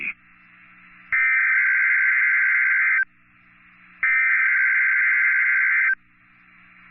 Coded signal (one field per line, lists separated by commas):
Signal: Emergency Alert System (SAME) tones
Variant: header bursts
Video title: 12/14/22 Tornado Watch 588 (Particularly Dangerous Situation) On KEC61 EAS#290